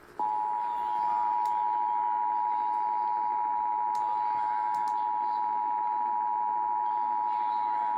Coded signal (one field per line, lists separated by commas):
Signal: Emergency Alert System (SAME) tones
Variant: 853 and 960 Hz attention tone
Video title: Eas FFW on KTRH 740am KHJK 103.7fm and Kyaz 51.1 Eas#1301- 1303